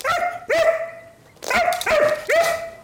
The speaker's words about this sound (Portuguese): E a gente está aqui também com o nosso primeiro cão podcaster do Brasil. Você está bem acordado, Titi?